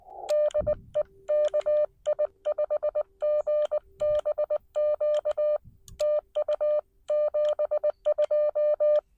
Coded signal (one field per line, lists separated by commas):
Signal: Morse code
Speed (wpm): 20 wpm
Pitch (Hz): 600 Hz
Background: none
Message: DE KI5GBQ TU 72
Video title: Morse Code POTA Activation 9/24/24